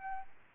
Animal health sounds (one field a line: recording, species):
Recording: mosquito wingbeat signal from an infrared sensor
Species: Aedes albopictus